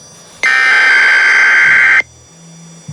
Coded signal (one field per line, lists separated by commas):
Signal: Emergency Alert System (SAME) tones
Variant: header bursts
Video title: EAS #919-921: Required Weekly Test on KDKA-AM #29 || 4/24/22